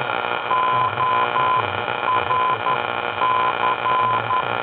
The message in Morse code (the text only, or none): ORC